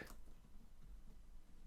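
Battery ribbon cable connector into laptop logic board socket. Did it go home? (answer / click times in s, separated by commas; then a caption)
no / none. A battery's flat ribbon cable connector is pressed down and pushed back toward its socket on a MacBook Pro laptop logic board. A brief soft burst at 0.1 s gives way to quiet, low rustling handling noise. Nothing has seated or clicked yet; the connector is not yet home.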